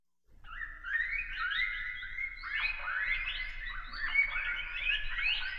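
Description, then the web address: Rat squeaks: a continuous jumble of warbling, bending squeals rising and falling, several overlapping, with a steady low hum beneath. "1001 Sound Effects. Rats"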